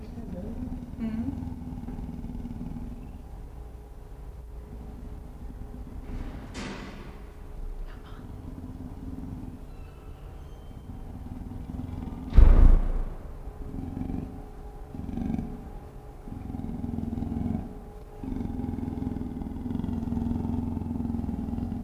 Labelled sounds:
Leopard (Panthera pardus)
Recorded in captivity
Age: adult
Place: Zoo Berlin, Berlin, DE
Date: 1959-08-21
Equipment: Reporter (Vollspur)
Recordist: TSA
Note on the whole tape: Im Raubtierhaus. Schwarzer Panther: Knurren und Fauchen gegen ein ruhig hingehaltenes Mikrofon. Abstand 0,6 m. Aufnahmezeit: 9.00-9.30 Uhr

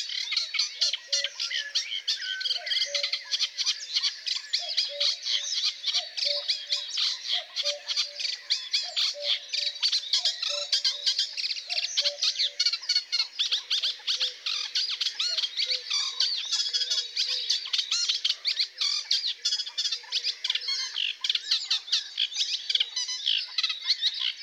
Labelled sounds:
Eurasian Reed Warbler (Acrocephalus scirpaceus) song
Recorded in the wild
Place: Flögelner See, Schleswig-Holstein, DE
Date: 1999-05-04
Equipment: MiniDisc Sony MZ-R35, Telinga DAT, Telinga-Parabolspiegel
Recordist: Schwarz, Dieter

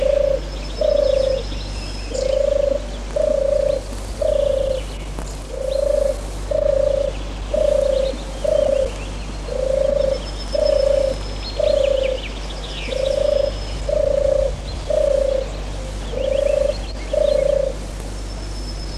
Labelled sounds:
European Turtle Dove (Streptopelia turtur) song
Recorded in the wild
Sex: male
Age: adult
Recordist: Meyer, Hugo

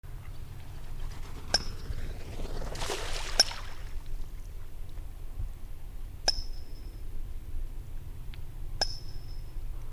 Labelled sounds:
Eurasian Coot (Fulica atra) call
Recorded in the wild
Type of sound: call
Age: adult
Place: Willmersdorf, Barnim, Brandenburg, DE
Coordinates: 52.6556, 13.6819
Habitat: pound
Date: 2007-05-01 21:33
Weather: heiter, 8°C, schwacher Wind
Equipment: Sound Devices 702, Sennheiser MKH 416-T, Windkorb
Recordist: Frommolt, Karl-Heinz
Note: Borgsee bei Willmersdorf: Einzelrufe. Zwei Tiere gesehen

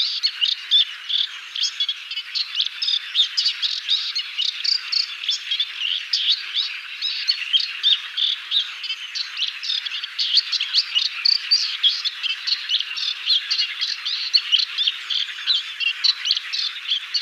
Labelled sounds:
Moustached Warbler (Acrocephalus melanopogon) song
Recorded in the wild
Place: Damtschik/Wolgadelta, RU
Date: 1995-05-18
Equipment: Dat-Recorder Casio DA 7, Telinga DAT, stereo, Telinga-Parabolspiegel
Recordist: Schwarz, Dieter
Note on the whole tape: Song

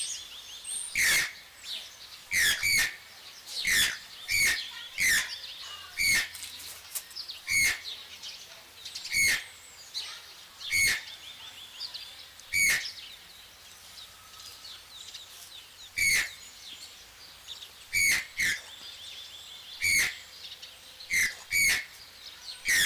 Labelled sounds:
Channel-billed Toucan (Ramphastos vitellinus) call
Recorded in captivity
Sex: pair
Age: adult
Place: Zoo Halle, Sachsen-Anhalt, DE
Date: 1999-03-30 12:18
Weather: heiter, ca. 15°C
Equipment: Sony MD-WM MZ-R3, Sennheiser MKH 416 T, Kopie Uher 4000 Report Monitor
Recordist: Tembrock, Günter

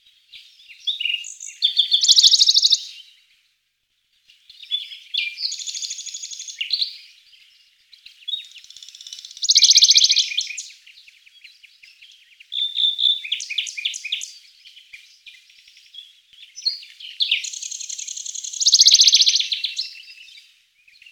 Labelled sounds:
Western Bonelli's Warbler (Phylloscopus bonelli) song
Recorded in the wild
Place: St. Laurent des Arbres und Umgebung, FR
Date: 2006-04-25
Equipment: MiniDisc Sharp MT 20 H
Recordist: Schwarz, Dieter

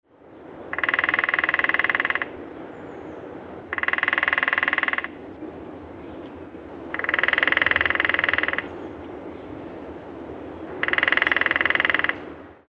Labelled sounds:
Lesser Spotted Woodpecker (Dendrocopos minor)
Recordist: Tembrock, Günter
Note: Trommeln

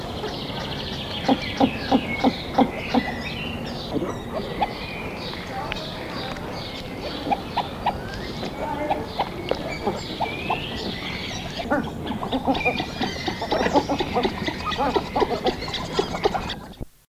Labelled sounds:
Red Shoveler (Anas platalea) call
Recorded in captivity
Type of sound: call
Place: Tiergarten Nürnberg, Bayern, DE
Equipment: Halbspur, 9,5 cm/s
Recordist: Lütgens, Hans
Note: Rufe

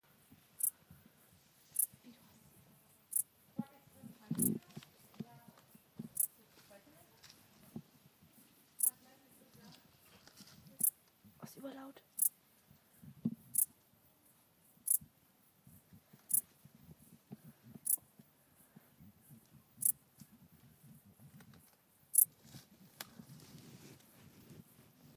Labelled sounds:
Dark Bush-cricket (Pholidoptera griseoaptera) stridulation
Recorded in the wild
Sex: male
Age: imago
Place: Kloster, Insel Hiddensee, Mecklenburg-Vorpommern, DE
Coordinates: 54.5869, 13.1108
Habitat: ruderal place
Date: 2012-09-10 20:50
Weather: 15°C, almost windless
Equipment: Sound Devices 702, Sennheiser MKH 415 T, Rhode Windschutz
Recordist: Frommolt, Karl-Heinz
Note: Am Ententeich im Gebüsch: Gesang einer Strauchschrecke

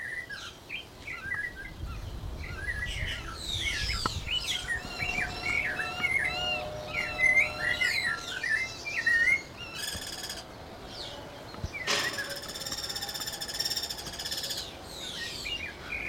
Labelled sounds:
Snowy-crowned Robin-Chat (Cossypha niveicapilla)
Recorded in captivity
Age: adult
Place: Zoo Berlin, Berlin, DE
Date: 1992-05-09 11:40
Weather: wolkig, 11-14°C
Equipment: Nagra SN, Mikrofon AKG CK 8, Kopie Tesla B 116
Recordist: Tembrock, Günter

